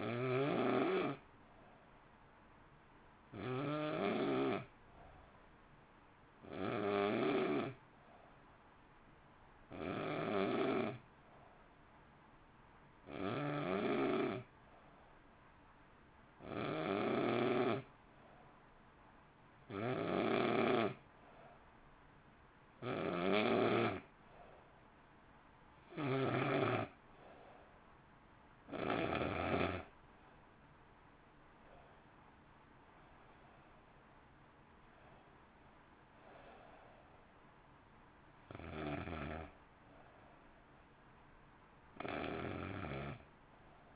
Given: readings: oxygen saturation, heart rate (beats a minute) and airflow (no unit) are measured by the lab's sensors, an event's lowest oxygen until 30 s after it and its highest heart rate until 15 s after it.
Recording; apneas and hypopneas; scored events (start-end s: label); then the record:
breathing in sleep by a voice recorder at the bedside; 1
15.00-34.30 s: hypopnea (N2, oxygen 89% highest, then 88% lowest, heart rate 54 at the start, 59 highest)
From the record:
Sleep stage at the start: N2 (light sleep); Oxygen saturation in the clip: 88 to 90%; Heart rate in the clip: 54 to 59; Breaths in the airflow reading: 15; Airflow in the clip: -1.0 to 1.1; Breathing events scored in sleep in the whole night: 328 in 6.3 hours asleep